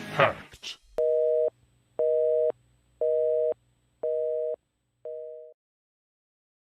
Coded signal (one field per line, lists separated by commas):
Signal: telephone call progress tone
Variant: North America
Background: speech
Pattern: busy tone